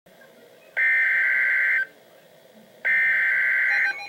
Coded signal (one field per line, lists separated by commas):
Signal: Emergency Alert System (SAME) tones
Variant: header bursts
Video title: Severe Thunderstorm Warning - EAS #266